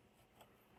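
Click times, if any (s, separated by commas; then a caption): none. The yoke upgrade steering wheel hub on a 2024+ Model 3 is handled while lined up on the single-groove spline of the steering column shaft, ready to be pushed down. Only faint, steady handling noise is heard, with a slight brief rise near 0.4 s. The wheel has not seated or clicked home yet.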